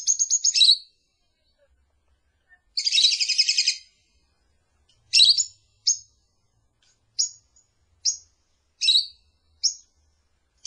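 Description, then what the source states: Lovebird calls: shrill, high chirps, a buzzy rattling burst, then short sharp squeaks repeated about once a second; no other sounds. Sound used to lure lovebirds.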